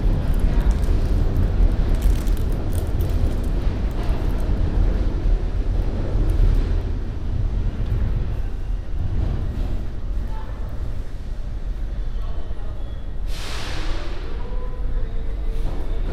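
A binaural field recording on a trip through the MTA: a dense, steady low rumble of moving transit fills the whole stretch, with scattered clatter and faint voices. Around thirteen seconds a brighter hiss swells and fades, followed by brief tonal squeals.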